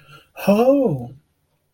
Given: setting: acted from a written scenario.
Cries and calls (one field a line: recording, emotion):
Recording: vocal sound without words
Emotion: interest